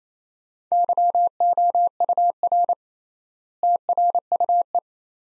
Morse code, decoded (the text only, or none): YOUR TRUE